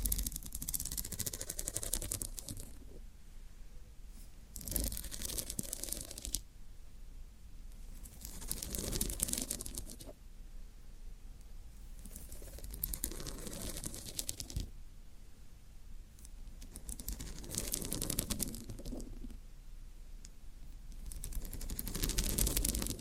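Floral foam is scraped and crumbled in repeated bursts of bright scratchy crunching, roughly every four seconds, with quieter rustling between them.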